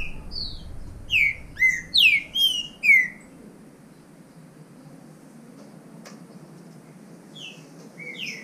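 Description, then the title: Green-winged saltator song: a loud phrase of five or six rich, slurred whistles over about two seconds, followed by quiet, whistled notes. Bird named Nicão in the bush (mato), competing in song with a free bird. "Trinca Ferro NICÃ O"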